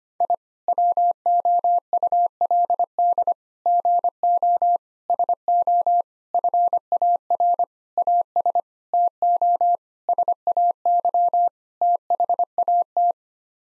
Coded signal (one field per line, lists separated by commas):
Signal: Morse code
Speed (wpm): 25 wpm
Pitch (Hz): 700 Hz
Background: none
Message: I WOULD GO SO FAR AS TO SAY THAT